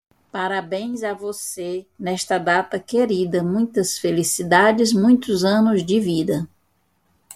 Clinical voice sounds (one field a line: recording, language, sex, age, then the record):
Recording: short text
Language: Brazilian Portuguese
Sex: female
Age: 50 to 59 years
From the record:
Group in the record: control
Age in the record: 56 years